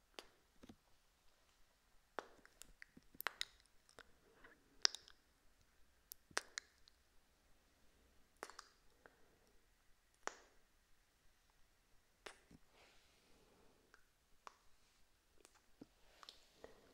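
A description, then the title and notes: Kiss sounds come as short, wet smacks and clicks, one every second or so, with quick little clusters around three to four seconds and again near six and eight. Soft breathy rustles sit between them over a very quiet background. ASMR Kiss Sounds.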